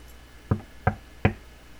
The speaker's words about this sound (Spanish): Llegando a casa de Yulovsky, Alicia llama a la puerta.